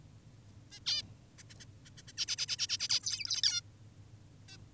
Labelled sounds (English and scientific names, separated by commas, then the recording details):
Zebra Finch (Taeniopygia guttata)
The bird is an adult
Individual g19o10U